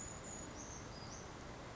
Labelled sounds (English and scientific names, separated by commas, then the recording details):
Western Flycatcher (Empidonax difficilis)
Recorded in Sonoma County, California